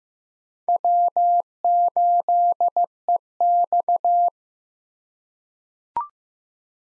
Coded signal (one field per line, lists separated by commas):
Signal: Morse code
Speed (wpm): 15 wpm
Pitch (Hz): 700 Hz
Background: none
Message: W8EX